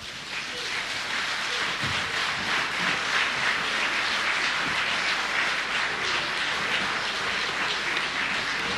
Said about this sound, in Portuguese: Vamos, e tantos outros que nos escutam neste momento, vamos aqui da sala dar um grande aplauso para as comunidades portuguesas que estão a acompanhar a nossa emissão.